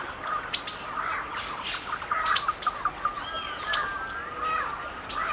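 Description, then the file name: Birds singing: a mix of short sharp chirps and thin whistled notes, some slurred and falling, over a steady soft hiss. Forest and nature sounds recorded while it is raining; bird songs. "Calming Nature Bird Songs (Dydki info)"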